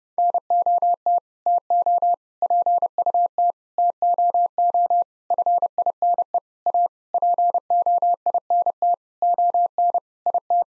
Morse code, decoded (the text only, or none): NOT TO PUT TOO FINE A POINT ON IT